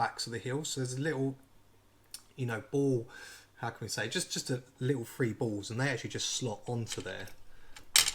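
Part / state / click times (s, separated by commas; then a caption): socket end onto ball joint on the heel of a model endoskeleton / seated / 8.0 s. Someone talks while pushing a socket end onto one of three small balls on the heel of a model endoskeleton. The ball socket snaps onto the ball joint with a sharp click at 8.0 seconds, seating it securely.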